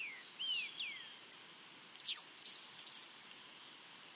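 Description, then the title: São Francisco sparrow giving two piercing rising whistles then a rapid ringing trill, preceded by lower descending slurred notes and faint ticks. "LuckyPassaro Completos2Sama. Sao Francisco Sparrow (Arremon franciscanus)"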